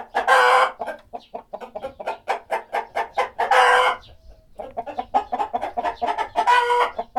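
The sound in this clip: Chickens clucking in quick, uneven bursts, with loud raspy squawks at the start, midway and near the end, and a brief lull just after the middle.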